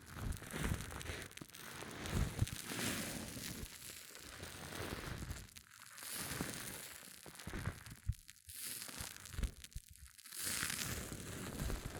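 Hair mousse fizzes and crackles in a dense, irregular stream of tiny bright pops and hiss across the whole twelve seconds. The texture keeps swelling and thinning, with brief quieter dips near 6, 8.5 and 10 seconds and occasional low crunchy squishes underneath.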